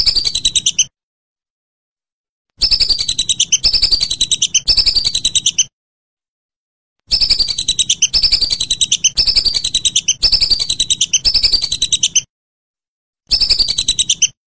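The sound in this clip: Whistling duck giving bursts of sharp, high whistled notes, each slurring downward, in rapid runs of about a second separated by short silences.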